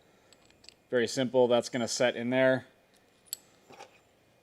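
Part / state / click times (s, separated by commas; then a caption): ball mount into four-bolt mounting plate / seated / 3.3 s. A machined metal SpinLok ball mount is placed onto the receiving spin-lock feature of a four-bolt metal mounting plate. Someone talks briefly, then a single sharp metallic hit is heard at 3.3 s as the ball mount sets into the base plate. A few faint small clicks come before the speech.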